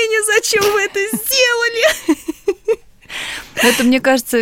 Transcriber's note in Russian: Смеются